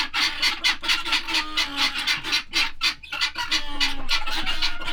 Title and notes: Ferme de Monsieur Friard - Groslée-Saint-Benoit, France - Pintades vénères. Monsieur Friard m'invite à rencontrer ses pintades -celles-là même qui avait attiré mon attention à un bon kilomètre de là en arrivant. l’Observatoire PhoNographique Sensible du Rhône